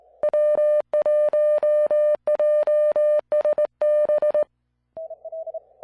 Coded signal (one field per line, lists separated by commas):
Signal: Morse code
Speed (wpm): 20 wpm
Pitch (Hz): 1200 Hz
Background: none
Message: W1JSB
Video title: 20m QRP CW working Iceland